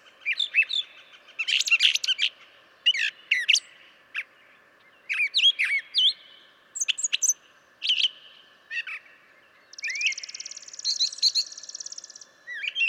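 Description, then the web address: Brown Thrasher song, varied whistled and harsh phrases often given in pairs, with a long buzzy trill near the end. "birdsongforthecurious Brown Thrasher"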